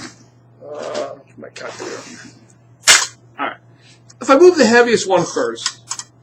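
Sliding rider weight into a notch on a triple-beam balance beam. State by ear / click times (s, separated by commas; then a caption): not seated / none. Someone talks while handling a triple-beam balance, about to slide the heaviest rider weight along its beam toward a notch. Short, sharp ticks come near the end, around 5.9, 6.0 and 6.3 seconds. The rider has not yet clicked into place in its notch.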